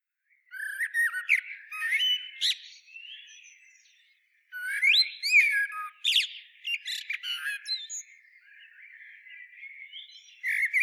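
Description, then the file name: Eurasian blackbird giving rich, fluty warbles broken by squeaky high notes, in two phrases separated by a brief silence. "Turdus merula"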